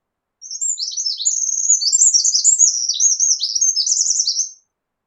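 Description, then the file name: Eurasian wren singing a single burst of about four seconds, high and shrill, stitched from quick twitters and machine-gun trills, ending in a fast trill; background silent. "Troglodytes troglodytes"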